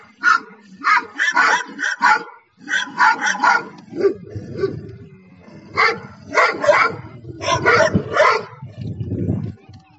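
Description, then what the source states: Dog giving repeated sharp barks in quick pairs and clusters, with pauses between volleys and a low rumbling sound underneath in places. More than one dog barking.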